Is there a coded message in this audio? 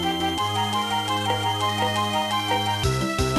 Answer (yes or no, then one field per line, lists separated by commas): no